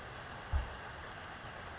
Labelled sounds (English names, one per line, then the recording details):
California Towhee
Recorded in Sonoma County, California